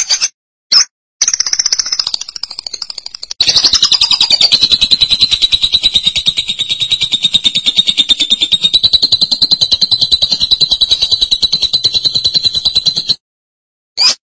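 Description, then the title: Lovebird song in a long, fast, high-pitched chatter of rapid buzzy pulses, after a few short bursts at the start, ending with one brief final note. "BM Suara Burung Lovebird"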